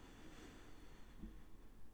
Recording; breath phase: one breath near a microphone; inhalation